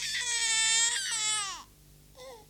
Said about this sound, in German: Und das Baby, das Sie soeben brüllen gehört haben, hört sich heute so an.